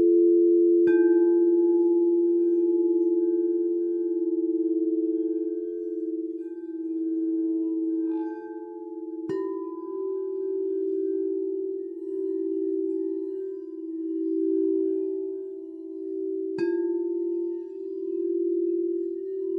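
A sound bath of singing bowls: a low, steady hum sustains throughout with a slow, gentle wavering. Three sharp strikes, near 1, 9 and 16.5 seconds, each add a brighter ringing overtone that fades over several seconds.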